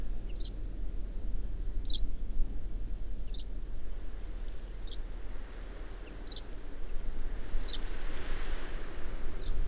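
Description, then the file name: Common chaffinch giving brief, bright, high call notes, seven in under ten seconds at a fairly even pace, with constant low-pitched background noise. "Fringilla coelebs"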